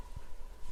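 A bobbin case, held by its rear latch, is handled near a sewing machine's hook race, and nothing has seated or clicked yet. Two soft low thumps land around 0.2 s and 0.8 s over a steady tone near 1 kHz.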